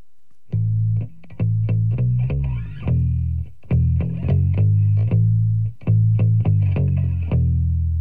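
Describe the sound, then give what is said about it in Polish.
A song opens with a loud, distorted electric guitar hammering out a repeated riff of chunky, sustained chords in a steady rhythm, with no vocals yet. “Bo gdyby nie pan i pana banalny temat, zapomniałabym o tej niebanalnej piosence.”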